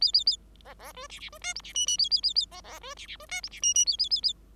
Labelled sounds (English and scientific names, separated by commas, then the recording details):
Bengalese Finch (Lonchura striata domestica) song
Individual Bird5